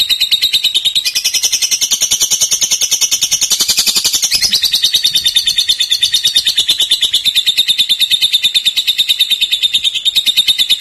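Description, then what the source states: Lovebird chattering nonstop in a rapid, rattling stutter, high-pitched and buzzy, slightly higher in pitch early on and dropping back midway. Song style locally called konslet.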